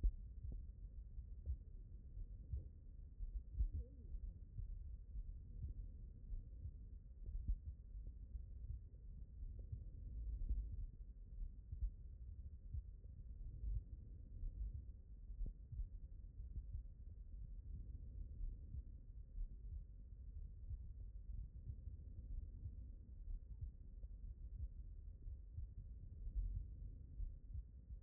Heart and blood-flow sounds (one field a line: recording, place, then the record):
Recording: heart sounds by stethoscope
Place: aortic valve (AV)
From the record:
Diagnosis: non-HFrEF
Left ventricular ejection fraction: 57%